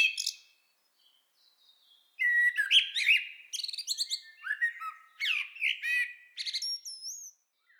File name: Turdus merula